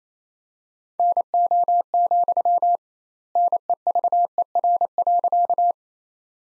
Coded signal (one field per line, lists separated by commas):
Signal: Morse code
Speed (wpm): 28 wpm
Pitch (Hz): 700 Hz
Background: none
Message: NO, NEVER.